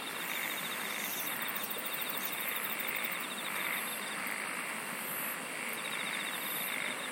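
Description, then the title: Insect chorus of continuous hissing buzz, with rapid pulsed trills coming and going at a high pitch. "SINGING OF INSECTS"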